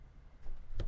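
A mains plug is pushed toward a socket adapter during a voltage measurement, with quiet handling rustle that rises from about 0.4 s and a short, sharp broadband tick at 0.8 s. The plug is not yet home and nothing has seated or clicked yet.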